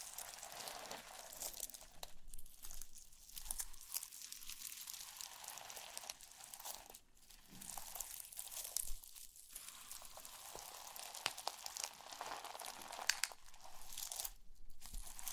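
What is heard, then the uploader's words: Slime being squished and pressed, a steady run of dense crackly, crunchy pops and crinkles with brief quiet gaps near 2, 7 and 14 seconds. ASMR SLIME SATISFYING - NO TALKING.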